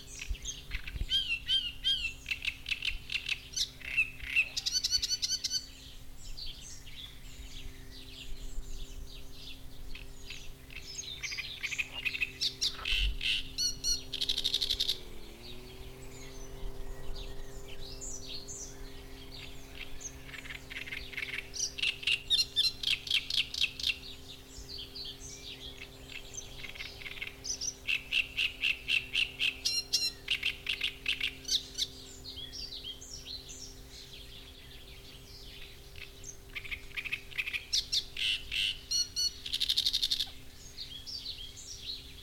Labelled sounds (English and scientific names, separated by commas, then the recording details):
Great Reed Warbler (Acrocephalus arundinaceus)
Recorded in the wild
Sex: male
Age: adult
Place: Zeuthener See, Berlin, DE
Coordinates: 52.35, 13.64
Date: 1993-05-23
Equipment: Uher 4400 Report Monitor, Sennheiser ME 80, K 30 AV
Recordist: Fischer, Stefan